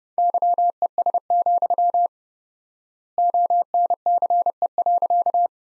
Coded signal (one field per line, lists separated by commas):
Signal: Morse code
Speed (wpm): 30 wpm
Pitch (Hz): 700 Hz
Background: none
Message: YES, ONCE.